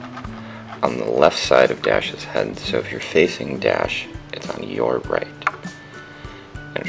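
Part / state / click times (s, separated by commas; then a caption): xylophone mallet arm into head connector of a toy robot / seated / 6.8 s. A toy xylophone mallet's plastic connector is lined up with the connecting point on the left side of a toy robot's head and pressed firmly. Someone talks over background music, and the mallet arm snaps onto the head connector with a sharp click at 6.8 s, seated.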